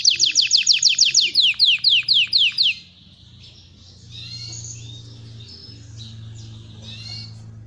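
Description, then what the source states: Belgian canary singing a loud fast trill of repeated downward-slurred notes, then quieter soft warbling continues. Copper-coloured Belgian canary singing.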